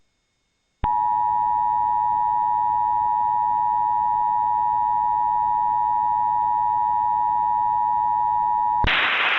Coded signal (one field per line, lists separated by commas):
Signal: Emergency Alert System (SAME) tones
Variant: 853 and 960 Hz attention tone